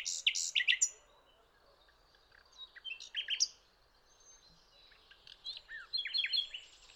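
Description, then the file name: Common nightingale song with loud sharp chirps at the start, then varied softer whistles and chirped notes scattered through the rest. "Luscinia megarhynchos"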